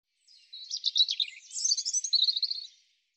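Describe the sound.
European robin song: a continuous rapid warble of high, twittering notes lasting a little over two seconds.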